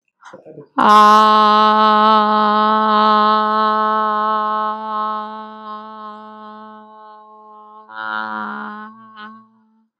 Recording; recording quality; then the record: sustained vowel as in made; poor, much background noise or distortion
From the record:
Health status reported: healthy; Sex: female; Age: 27 years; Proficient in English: yes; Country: Canada